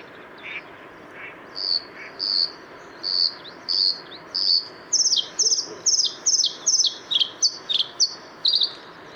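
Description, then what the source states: Bluethroat song starting with spaced, whistled high notes, accelerating into fast, ringing, clipped phrases with downward twangs, light background hiss. 6 April 2014 at the Isar river mouth (Isarmündung), Deggendorf district.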